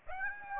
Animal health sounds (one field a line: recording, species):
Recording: mosquito wingbeat signal from an infrared sensor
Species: Aedes aegypti